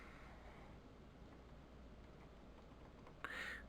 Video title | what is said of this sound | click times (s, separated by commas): Flip Top | snaps back into place there behind his head now | 3.2 s